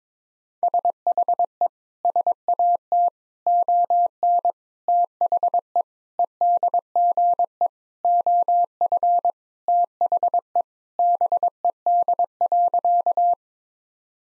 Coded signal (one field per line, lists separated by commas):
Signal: Morse code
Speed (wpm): 22 wpm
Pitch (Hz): 700 Hz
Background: none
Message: SHE SAT ON THE EDGE OF THE BED.